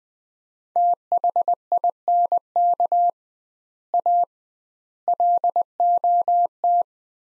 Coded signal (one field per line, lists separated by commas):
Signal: Morse code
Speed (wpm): 20 wpm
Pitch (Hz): 700 Hz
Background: none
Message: THINK A LOT